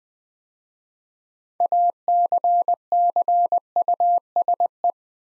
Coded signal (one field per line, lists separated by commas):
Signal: Morse code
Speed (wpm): 20 wpm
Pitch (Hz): 700 Hz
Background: none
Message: ACCUSE